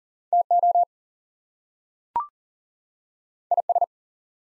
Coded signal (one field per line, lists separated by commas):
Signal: Morse code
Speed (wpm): 40 wpm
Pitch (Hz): 700 Hz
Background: none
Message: TO IS